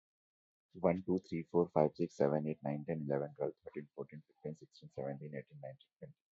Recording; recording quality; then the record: counting at a fast pace; excellent, no background noise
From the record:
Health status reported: healthy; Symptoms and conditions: none ticked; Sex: male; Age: 25 years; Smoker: not ticked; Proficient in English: yes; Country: India